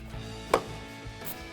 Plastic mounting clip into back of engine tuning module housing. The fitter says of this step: Ils se clipsent simplement comme ça, puis vous pouvez passer une attache zippée